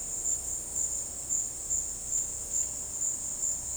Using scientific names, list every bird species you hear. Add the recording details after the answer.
none. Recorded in dense forest near Puerto Asís, Putumayo, Colombia, on 21 February 2024 at 17:30. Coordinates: 0.485, -76.318. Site G6408